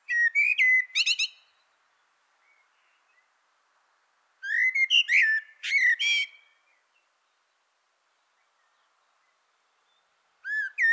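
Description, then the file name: Common blackbird singing repeated phrases of low, mellow whistles followed by high scratchy twitters, separated by quiet pauses of a few seconds. "Turdus merula"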